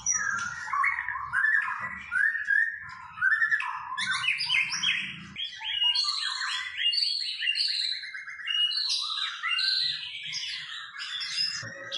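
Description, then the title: White-rumped shama pouring out busy, jumbled whistles and chirps, phrases tumbling quickly from low to high, with a soft low hum in places. White-rumped shama described as gacor, singing continuously and vigorously; meant to provoke a response from shamas. "PANCINGAN MURAI BATU GACOR, LANGSUNG RESPON"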